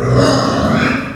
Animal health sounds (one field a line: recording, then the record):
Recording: squeal of a Yucatan mini pig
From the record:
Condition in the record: after surgery on the right vocal fold (resection and tissue-engineered implant)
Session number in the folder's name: 10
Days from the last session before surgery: 86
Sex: female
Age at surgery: 19 weeks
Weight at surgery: 25 kg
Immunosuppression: prednisolone